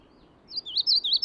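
Magnolia warbler phrase of quick, warbled whistles that begins after a short pause and runs on to the end.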